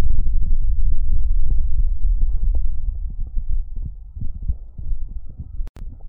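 Muffled, low thumping heartbeat heard close against the chest, with rustling; an ordinary heartbeat in a role-play.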